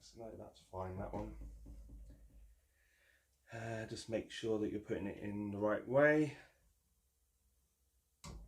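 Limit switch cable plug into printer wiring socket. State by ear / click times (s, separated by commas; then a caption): seated / 8.2 s. Someone talks while lining up a limit switch cable plug the right way and pushing it into its wiring socket on a Kywoo3D Tycoon Max 3D printer. After a quiet pause, a sharp click sounds at 8.2 s as the connector seats, and it is good to go.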